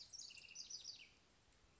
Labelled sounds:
House Wren
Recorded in Sonoma County, California

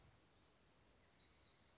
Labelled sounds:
Black-throated Gray Warbler
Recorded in Sonoma County, California

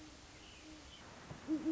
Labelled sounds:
Great Horned Owl
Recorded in Sonoma County, California

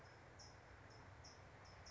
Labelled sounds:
California Towhee
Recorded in Sonoma County, California

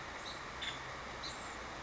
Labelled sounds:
Nuttall's Woodpecker
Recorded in Sonoma County, California

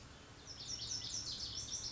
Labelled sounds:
Lazuli Bunting
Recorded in Sonoma County, California

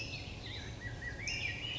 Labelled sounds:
California Towhee
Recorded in Sonoma County, California

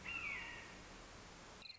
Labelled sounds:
Red-shouldered Hawk
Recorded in Sonoma County, California

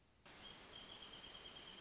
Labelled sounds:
Wrentit
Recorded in Sonoma County, California

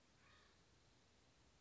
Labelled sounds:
Acorn Woodpecker
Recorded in Sonoma County, California

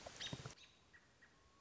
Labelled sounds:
American Robin
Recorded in Sonoma County, California

